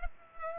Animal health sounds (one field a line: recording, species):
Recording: mosquito wingbeat signal from an infrared sensor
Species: Culex pipiens